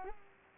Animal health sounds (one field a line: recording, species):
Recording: mosquito wingbeat signal from an infrared sensor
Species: Culex pipiens